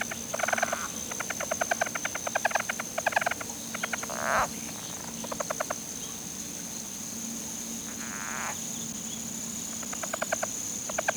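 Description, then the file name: Lowland leopard frog calling in rattling bursts of rapid pulses, several trains over eleven seconds, with a steady high-pitched whine and a low hum throughout. "Rana yavapaiensis"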